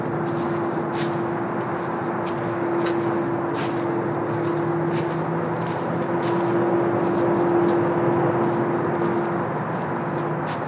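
Footsteps crunch at a steady walking pace along a park trail, over a constant rushing wash with a low, steady hum underneath.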